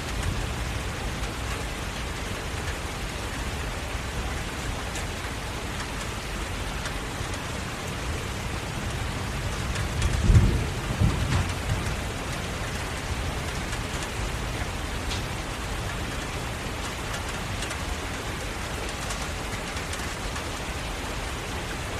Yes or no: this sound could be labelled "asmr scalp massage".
no